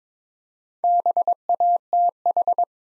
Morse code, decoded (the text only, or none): BATH